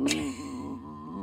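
A brief, low, wavering gurgle with a groan-like pitch: an adult's audible stomach growl while hungry, loud enough for others nearby to hear. Normal digestive noise.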